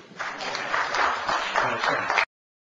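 A small audience applauds, a steady, dense patter of clapping with some crowd murmur mixed in, lasting about two seconds before cutting off abruptly.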